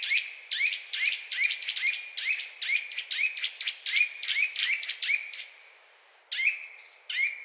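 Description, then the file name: Eurasian nuthatch, rapid sharp high notes in a chattering series, then a pause and two single notes at the end. "Sitta europaea"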